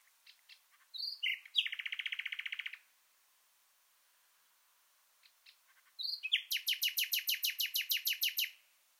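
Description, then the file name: Common nightingale song: two phrases, each opening with scattered soft notes and building into a fast, loud rattling series of repeated clicks. "Luscinia megarhynchos"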